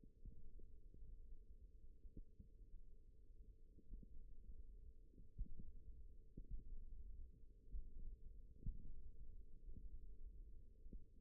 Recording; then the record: forearm muscle sounds (acoustic myography)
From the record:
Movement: tripod grip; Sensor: system 1, eight BSWA MPA416 microphones around the upper forearm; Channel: 4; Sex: female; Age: 20 years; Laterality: right